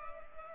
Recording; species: mosquito wingbeat signal from an infrared sensor; Culex pipiens